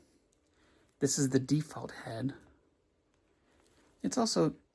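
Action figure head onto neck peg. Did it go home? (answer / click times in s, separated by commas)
no / none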